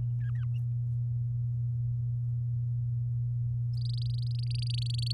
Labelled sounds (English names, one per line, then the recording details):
Domestic Canary song
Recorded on 10 May 2018 at 05:46
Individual llb16